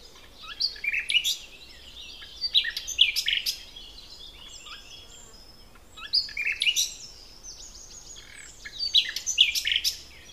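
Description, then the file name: Common nightingale song: bursts of rapid, varied chirps and trills, with loud phrases separated by quieter gaps. "Luscinia megarhynchos"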